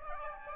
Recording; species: mosquito wingbeat signal from an infrared sensor; Aedes aegypti